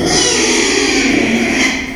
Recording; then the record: squeal of a Yucatan mini pig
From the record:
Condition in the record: after surgery on the right vocal fold (resection and tissue-engineered implant); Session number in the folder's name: 2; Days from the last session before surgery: 13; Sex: male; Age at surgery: 12 weeks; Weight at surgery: 13 kg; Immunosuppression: cyclosporine, prednisolone